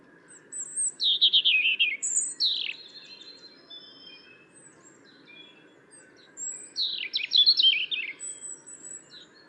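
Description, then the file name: European robin song: two rapid bursts of high, shimmering chirps and downslurred notes, with a few scattered thin whistles between them and a low constant hum beneath. "Erithacus rubecula"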